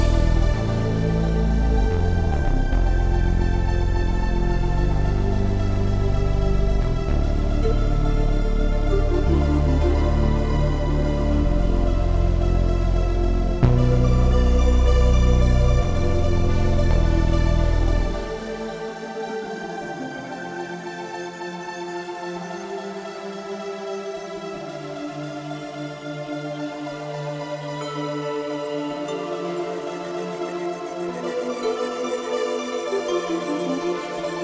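A dark city atmosphere of dense, droning tones with a heavy low rumble that drops out after about eighteen seconds, leaving thinner, quieter sustained layers.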